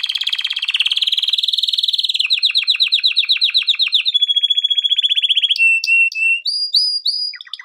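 Canary song: long continuous rolling trill slowing into distinct pulsed notes, then a steady whistle and sharp high chirps.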